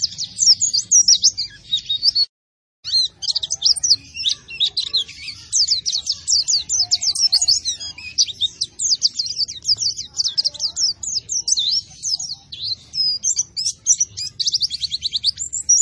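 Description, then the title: White-eye song, a rapid, high, chattering warble that runs for many seconds, with a short silent gap near the start. Vigorously singing ('gacor') bird, said to be fed only banana and given no doping. "Pleci Gacor Tanpa Doping Hanya Pake Pisang"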